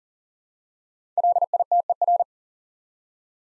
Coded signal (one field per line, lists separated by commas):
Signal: Morse code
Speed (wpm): 38 wpm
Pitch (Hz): 700 Hz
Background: none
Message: LITER